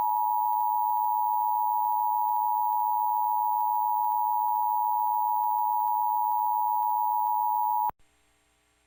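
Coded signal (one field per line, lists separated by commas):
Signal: Emergency Alert System (SAME) tones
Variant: 853 and 960 Hz attention tone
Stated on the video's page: Required monthly tests recorded off broadcast TV stations, audio kept close to the original broadcast with uneven levels.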